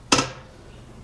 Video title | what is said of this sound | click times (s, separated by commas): IS IT WORTH IT DeWALT DW715 12 SINGLE BEVEL MITER SAW STAND REVIEW AND TEST | Locked in on 10, | 0.1 s